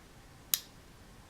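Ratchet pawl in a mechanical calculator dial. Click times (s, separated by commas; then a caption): 0.5 s. The dial of a Stephens Supremathic mechanical calculator is turned until its red cursor passes the 12:00 position. At 0.5 s a single sharp, bright click is heard as the internal ratchet pawl locks in, and then the clip returns to quiet. The ratchet is now seated and stops the dial from turning back clockwise.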